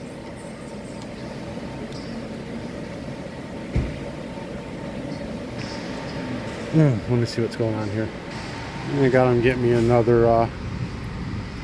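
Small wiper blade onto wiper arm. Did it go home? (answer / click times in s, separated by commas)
no / none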